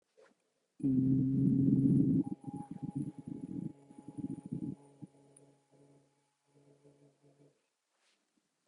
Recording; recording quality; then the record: sustained vowel as in boot; excellent, no background noise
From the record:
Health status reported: COVID-19 positive, mild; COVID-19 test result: positive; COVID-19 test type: RT-PCR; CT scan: not taken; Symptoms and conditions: cough, cold, sore throat, fever, fatigue, muscle pain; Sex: male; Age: 26 years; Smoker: no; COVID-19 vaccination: both doses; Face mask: not worn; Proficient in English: yes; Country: India